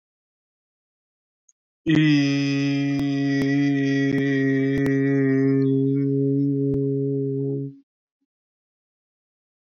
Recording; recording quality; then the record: sustained vowel as in beet; moderate, slight background noise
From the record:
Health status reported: healthy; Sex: male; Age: 30 years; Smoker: no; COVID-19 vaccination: one dose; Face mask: not worn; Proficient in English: yes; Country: India